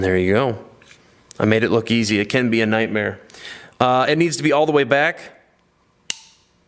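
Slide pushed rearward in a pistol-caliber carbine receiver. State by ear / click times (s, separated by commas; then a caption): seated / 6.1 s. A slide is pushed all the way back into a pistol-caliber carbine receiver during reassembly while someone talks. A sharp click at 6.1 s shows the slide has seated home.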